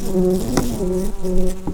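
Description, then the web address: Red-tailed bumblebee buzzing, a low steady drone in several short bouts with brief gaps between them, and a couple of faint taps. Queens. "bumblebees Lapidarius-queens"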